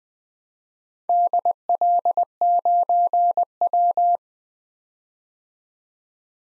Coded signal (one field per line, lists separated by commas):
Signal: Morse code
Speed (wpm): 20 wpm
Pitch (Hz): 700 Hz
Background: none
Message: DL9W